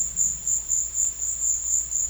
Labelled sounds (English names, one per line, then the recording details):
none
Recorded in pastures near Puerto Asís, Putumayo, Colombia, on 4 March 2025 at 15:30
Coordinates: 0.502, -76.324
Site GP07